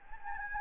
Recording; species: mosquito wingbeat signal from an infrared sensor; Anopheles gambiae